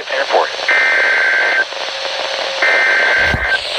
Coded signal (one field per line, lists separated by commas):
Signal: Emergency Alert System (SAME) tones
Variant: header bursts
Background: speech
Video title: Stormy Sunday... EAS Alerts From 4/10/21 & 4/11/21- EAS #209 - #225